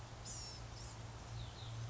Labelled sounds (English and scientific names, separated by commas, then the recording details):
Blue-gray Gnatcatcher (Polioptila caerulea)
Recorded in Sonoma County, California